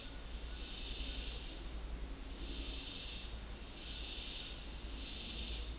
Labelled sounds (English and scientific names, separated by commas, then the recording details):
none
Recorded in dense forest near Puerto Asís, Putumayo, Colombia, on 21 March 2025 at 11:30
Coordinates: 0.499, -76.324
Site GP03